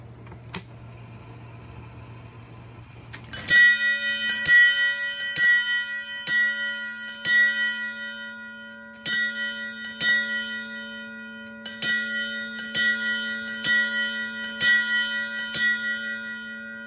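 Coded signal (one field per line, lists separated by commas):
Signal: coded fire alarm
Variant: Edwards coded pull station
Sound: soft hiss, then a series of ringing gong strikes with pauses between groups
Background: room hiss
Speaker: do another quick demo here and ring off the Edwards.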